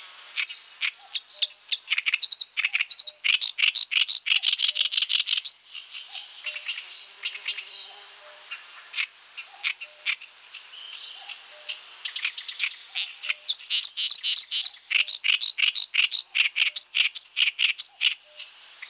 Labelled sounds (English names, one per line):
Oriental Reed Warbler song